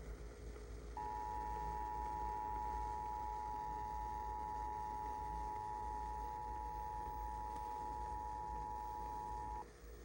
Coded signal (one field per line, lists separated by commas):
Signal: Emergency Alert System (SAME) tones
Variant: 853 and 960 Hz attention tone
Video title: Not Too Good, but Not Bad (Monthly EAS Tests from 11/13/22) (EAS #621-628)